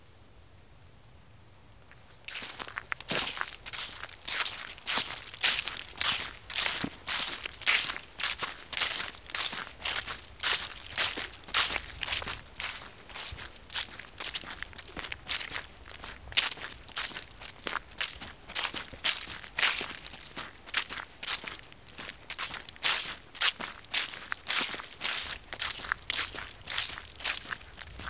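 Footsteps crunch through dry leaves in a steady walking rhythm, each step a bright, crackly burst. After a quiet first two seconds the crunching starts and continues densely to the end, with a faint low rumble underneath.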